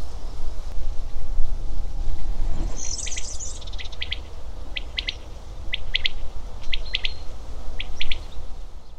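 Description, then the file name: Common quail calling in short pulsed bursts, repeated about once a second, over a steady low rumble, with a brief higher twitter early on. Nominate subspecies coturnix. "paspallas coturnix coturnix"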